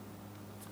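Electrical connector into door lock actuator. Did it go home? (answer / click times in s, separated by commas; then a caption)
no / none. An electrical connector is lined up with and pressed toward the door lock actuator inside the door of a 2003–2007 Cadillac CTS during front exterior door handle replacement. A steady low hum with faint handling noise runs through the clip, and a brief sharp sound begins right at the end at 0.79 s. Nothing has seated or clicked yet.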